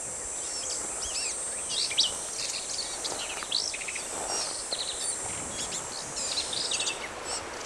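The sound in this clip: Black-capped vireo delivering quick, varied, slurred high phrases over a constant high hiss.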